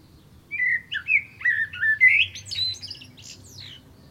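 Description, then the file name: Common blackbird song phrase: rich fluting whistles sliding up and down, followed by a quick run of high, scratchy twittering notes. "Turdus merula"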